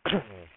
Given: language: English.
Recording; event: throat vibration sensor signal played as sound; cough